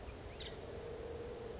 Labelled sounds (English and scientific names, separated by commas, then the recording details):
Nuttall's Woodpecker (Dryobates nuttallii)
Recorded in Sonoma County, California